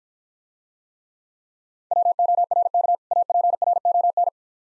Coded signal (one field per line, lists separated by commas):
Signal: Morse code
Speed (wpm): 52 wpm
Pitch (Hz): 700 Hz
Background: none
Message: WORK APRON